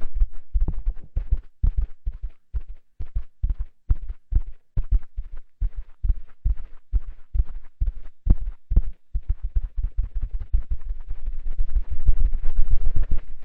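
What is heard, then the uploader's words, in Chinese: A cotton swab cleans an ear, making soft, dull rubbing strokes that repeat roughly every third of a second. The strokes are low and muffled with little brightness. Near the end they speed up and blur into a denser, continuous scratching. 棉签清洗耳朵。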